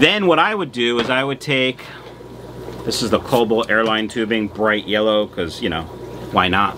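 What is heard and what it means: An aquarium sponge filter is handled while its sponge, plastic tube and base are being put back together, as someone talks over it. Nothing has seated or clicked into place yet.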